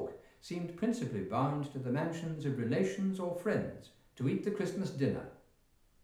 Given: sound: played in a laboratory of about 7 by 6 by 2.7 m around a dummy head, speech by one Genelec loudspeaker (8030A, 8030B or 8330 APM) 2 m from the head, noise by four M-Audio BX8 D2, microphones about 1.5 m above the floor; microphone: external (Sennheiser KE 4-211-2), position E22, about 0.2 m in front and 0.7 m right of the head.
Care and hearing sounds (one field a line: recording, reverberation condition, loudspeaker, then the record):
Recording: male speech in English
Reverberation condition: medium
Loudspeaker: in front (0 degrees)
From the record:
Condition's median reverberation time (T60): about 510 ms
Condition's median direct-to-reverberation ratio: about -0.5 dB